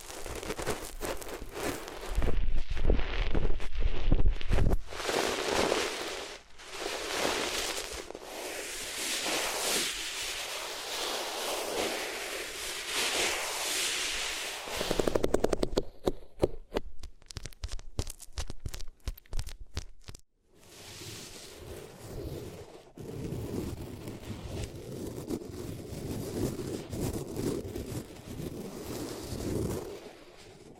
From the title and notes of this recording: ASMR Sensitive Sleep Inducing Triggers Rubbing Your Ears on Different Materials (No Talking).